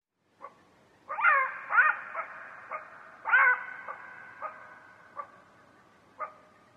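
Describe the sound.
Jackal yipping and wailing: harmonic notes with bent pitch, mixed with short yips spaced irregularly.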